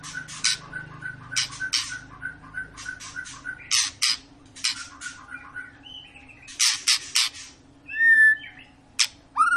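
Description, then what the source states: White-rumped shama song of repeated harsh scratchy notes with chattering phrases, then clear whistled slurs near the end; low hum underneath. Long lure song of a shama singing vigorously (gacor), used to make birds sing.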